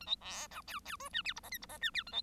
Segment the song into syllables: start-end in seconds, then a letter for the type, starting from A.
0.00-0.06 A, 0.06-0.16 B, 0.20-0.47 C, 0.50-0.61 D, 0.67-0.80 E, 0.85-0.96 E, 0.99-1.09 F, 1.13-1.22 G, 1.24-1.33 H, 1.36-1.40 I, 1.43-1.49 J, 1.51-1.58 K, 1.61-1.66 I, 1.69-1.78 J, 1.81-1.91 G, 1.94-2.03 H, 2.06-2.12 A, 2.12-2.22 B